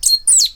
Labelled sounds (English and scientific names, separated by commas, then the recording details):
Stitchbird (Notiomystis cincta) song
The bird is a male
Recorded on Tiritiri Matangi Island, New Zealand, in 2005
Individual 8, of nest box 10